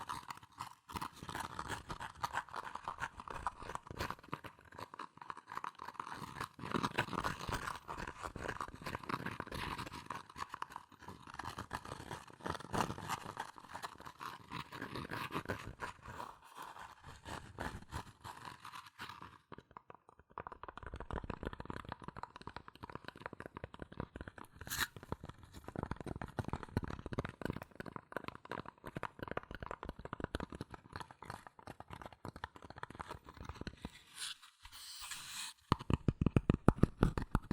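Fast tapping and scratching on cardboard and paper, with dense, rapid strikes running almost continuously. The sound is scratchy and mid-toned, with brief pauses near 20 and 35 seconds. Louder, sharper taps close the last few seconds.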